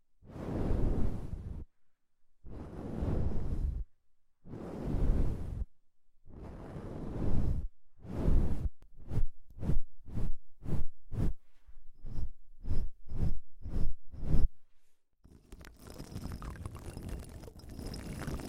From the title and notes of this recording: ASMR Deep Ear Cleaning - Intense Ear Relaxation (No Talking).